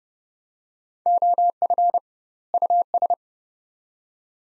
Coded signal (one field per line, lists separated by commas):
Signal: Morse code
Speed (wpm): 30 wpm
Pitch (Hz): 700 Hz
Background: none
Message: OF US